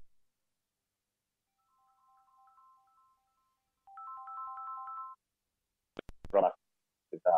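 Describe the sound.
A melodic electronic phone ringtone plays a short repeating tune during a live radio broadcast, faint at first and then louder, before it stops and a voice briefly starts speaking.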